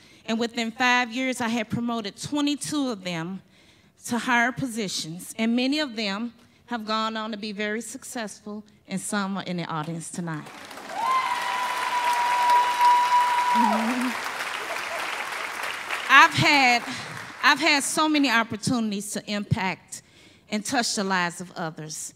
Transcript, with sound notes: And within five years I have promoted 22 of them to higher positions, and many of them have gone on to be very successful, and some are in the audience tonight. [audience roars and applauds] I’ve had, I’ve had so many opportunities to impact and touch the lives of others.